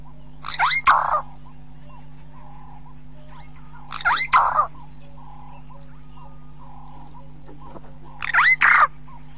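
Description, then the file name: Burchell's starling song: three loud, grating, gurgled phrases repeated roughly every four seconds, with a constant low hum underneath. "canto do estorninho de burchell"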